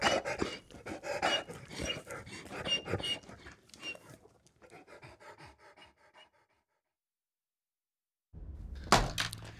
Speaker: Das ist eine Bulldogge. Das ist die Hunderasse, die immer klingt, als wenn sie eine Grippe hätte.